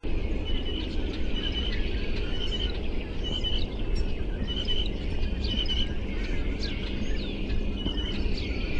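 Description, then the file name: Blue jay pumphandle call: squeaky paired notes repeated several times over loud low background noise. "BLJA pumphandle"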